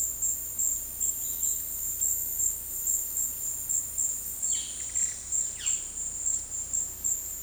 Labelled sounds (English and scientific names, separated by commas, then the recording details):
Violaceous Jay (Cyanocorax violaceus)
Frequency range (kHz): Violaceous Jay (Cyanocorax violaceus) 0.7-5.7 kHz
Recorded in dense forest near Puerto Asís, Putumayo, Colombia, on 19 February 2024 at 13:30
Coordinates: 0.485, -76.318
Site G6408